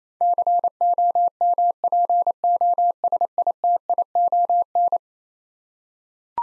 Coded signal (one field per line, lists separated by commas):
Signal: Morse code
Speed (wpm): 27 wpm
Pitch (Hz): 700 Hz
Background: none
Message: COMPOSITION